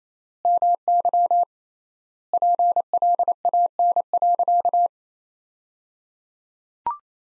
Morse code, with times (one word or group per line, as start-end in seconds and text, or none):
0.5-1.4 MY
2.3-4.9 PLAN.